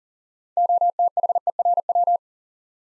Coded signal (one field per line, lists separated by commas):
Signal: Morse code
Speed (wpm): 40 wpm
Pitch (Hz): 700 Hz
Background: none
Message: OTHERW